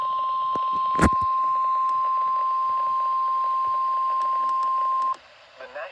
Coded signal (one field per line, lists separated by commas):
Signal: Emergency Alert System (SAME) tones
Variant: 1050 Hz attention tone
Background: speech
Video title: Severe Thunderstorm Warning on WNG 629 EAS 905